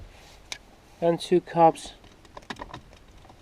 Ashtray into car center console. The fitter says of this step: till it clicks.